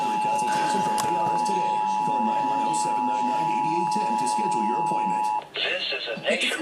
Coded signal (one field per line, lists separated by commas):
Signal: Emergency Alert System (SAME) tones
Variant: 853 and 960 Hz attention tone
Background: speech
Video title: EAS 34-36 , WE SURVIVED THE NPT!!!